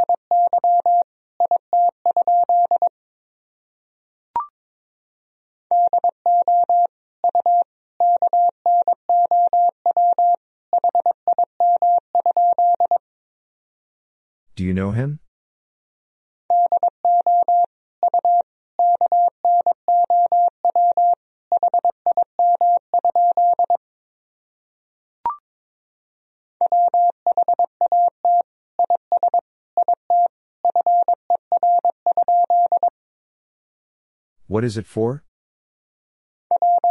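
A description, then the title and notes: Morse code beeps a steady mid-pitched tone in quick bursts of short and long marks, grouped into runs of several seconds separated by brief pauses. Two sharp clicks or sweeping bursts interrupt near 15 and 35 seconds, with faint ticks between groups. These sentences are composed of the Top 100 words and Morse code abbreviations. First, the words and abbreviations are sent in Morse code. 22wpm.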